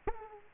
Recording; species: mosquito wingbeat signal from an infrared sensor; Aedes aegypti